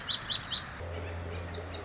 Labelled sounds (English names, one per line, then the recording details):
Lazuli Bunting
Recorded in Sonoma County, California